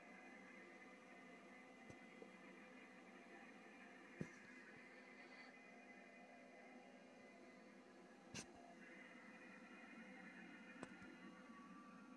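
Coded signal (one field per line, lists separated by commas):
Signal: FT8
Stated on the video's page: FT8 on 10 MHz, generated by PC software linked to an IC-7600 transceiver, in a DX contact with Congo, Africa.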